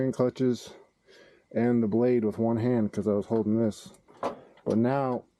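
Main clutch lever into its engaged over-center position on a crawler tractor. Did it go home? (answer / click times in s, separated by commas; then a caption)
no / none. Someone talks while handling the steel main clutch lever on a Caterpillar D2 5J crawler tractor after adjusting the main clutch, pulling it toward its engaged over-center position. Nothing has seated or locked in yet when the clip ends.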